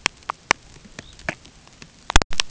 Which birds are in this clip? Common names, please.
Red Phalarope